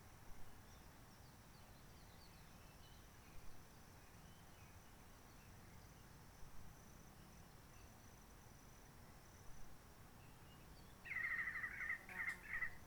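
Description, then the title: Réunion bulbul: long quiet stretch of faint hiss, then near the end a bulbul bursts into a short, chattering warbled phrase. Roche Merveilleuse forest, Réunion; quiet since 19 March 2020 lockdown, no visitors, microlights or helicopters; sunny blue-sky weather; birds not very active; song simpler, short phrases adapted to noise pollution. "Roche Merveilleuse, Réunion - Merle de lîle de la Réunion."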